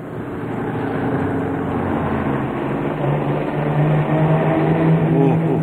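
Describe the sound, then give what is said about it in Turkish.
A racing car engine roars steadily and loudly during a race as the car tries to overtake, its droning pitch climbing as it accelerates hard, with no voices over the sustained mechanical whine. “Bizi sollamaya çalışıyor.”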